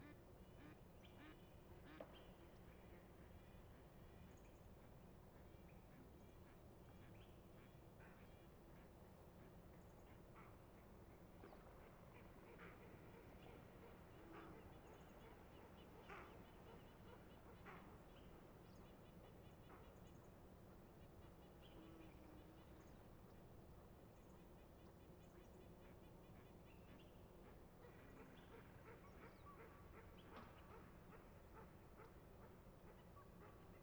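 Ducks quack and call at dawn on Bayley's Lake, short bursts scattered over a steady low rumble that never lets up.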